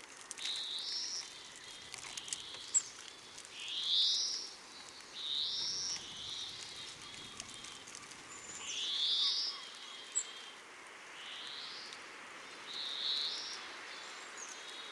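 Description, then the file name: European greenfinch giving a series of rising, wheezy, buzzing notes every second or two. "Chloris chloris"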